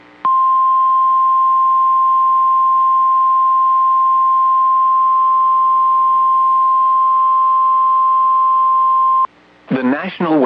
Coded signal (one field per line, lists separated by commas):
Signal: Emergency Alert System (SAME) tones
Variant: 1050 Hz attention tone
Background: speech